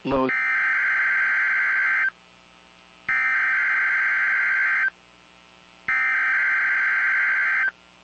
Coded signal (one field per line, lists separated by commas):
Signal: Emergency Alert System (SAME) tones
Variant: header bursts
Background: speech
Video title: Wisconson Tornado Drill On KGG95 4/10/25 (EAS #4039)